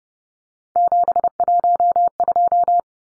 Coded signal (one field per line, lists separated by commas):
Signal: Morse code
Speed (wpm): 30 wpm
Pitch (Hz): 700 Hz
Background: none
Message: 712